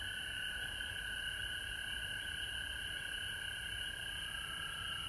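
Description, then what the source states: Frogs calling in a dense, unbroken chorus, a steady mid-pitched trill layered under a higher ringing band, with constant high hiss and low rumble throughout. Recorded at home in Georgia on March 19, 2020.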